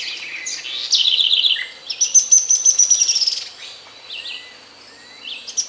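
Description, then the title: Grey-headed spinetail calling with high, thin notes, a quick trill, then a long rapid series of sharp high notes, with other faint chirps around. "LuckyPassaro Completos2Sama. Grey-headed Spinetail (Cranioleuca semicinerea)"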